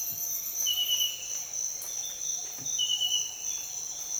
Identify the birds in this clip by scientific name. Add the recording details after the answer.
none. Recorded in dense forest near Puerto Asís, Putumayo, Colombia, on 23 June 2025 at 06:00. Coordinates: 0.484, -76.325. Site H65